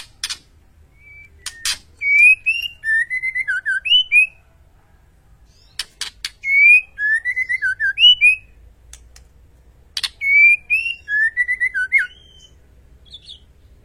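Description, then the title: White-rumped shama song: three similar phrases of varied fluty whistles, each starting with sharp clicks, repeated about every four seconds, over a faint low hum. Masteran training track for cage birds; song described as full rolling and firing. "Masteran Murai Batu Full Ngerol Nembak"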